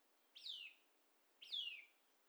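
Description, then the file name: Eurasian nuthatch with two ringing, downward-sliding calls spaced roughly a second apart in quiet surroundings. "Sitta europaea"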